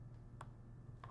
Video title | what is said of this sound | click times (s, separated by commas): Coolant Adaptor 1080 (Part No.: 625X-31945-BET) | until it snaps right on i'll | 0.4 s